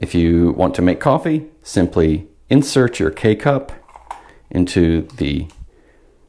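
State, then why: Not seated. A plastic K-cup holder is handled over the insert of a Hamilton Beach 2-Way FlexBrew coffee maker, about to be pressed down until it snaps in place, while someone talks throughout. The clip ends before the holder goes home, so nothing has seated or clicked yet.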